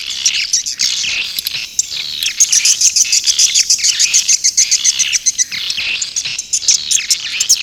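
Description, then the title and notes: Swiftlet calls: high twittering chatter that turns into rapid, repeated sharp chirps over a steady chirring backdrop. Asia; sound used in swiftlet farming to attract the birds. "Swiflet Bird Sound. Farming Swiflet Bird asia sound"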